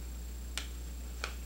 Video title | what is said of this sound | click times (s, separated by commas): NuMetrex Heart Sensing Sports Bra | so it snap right in and let me show you how it works on the treadmill here | 0.6 s, 1.2 s